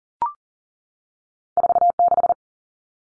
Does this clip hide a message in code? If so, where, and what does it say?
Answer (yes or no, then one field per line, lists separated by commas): yes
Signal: Morse code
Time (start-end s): 1.6-2.3 s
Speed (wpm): 40 wpm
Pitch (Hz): 700 Hz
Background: none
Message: 46